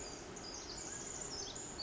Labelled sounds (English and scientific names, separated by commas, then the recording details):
Pacific Wren (Troglodytes pacificus)
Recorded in Sonoma County, California